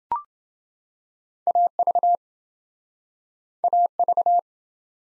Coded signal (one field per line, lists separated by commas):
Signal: Morse code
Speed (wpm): 27 wpm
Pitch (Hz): 700 Hz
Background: none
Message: AV AV